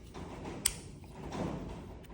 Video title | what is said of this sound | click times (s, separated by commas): Brandon Paehl’s 1970 C10: driveshaft, transmission lines, & wiring | Make sure it clicks, because you got some little locking tabs in there. | 0.7 s